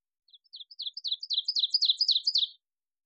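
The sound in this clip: Ovenbird song: a quick series of paired high chirping notes that grows steadily louder and ends abruptly after about two seconds.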